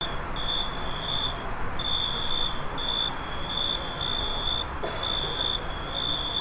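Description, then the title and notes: Cricket chirping: steady high-pitched trilled pulses in short bursts, repeated in a regular rhythm, over a low background hum. True crickets in the neighbours' yard, Staré Mesto, Slovakia. "Staré Mesto, Slovenská republika - true crickets. Cvrčky u Susedov na dvore"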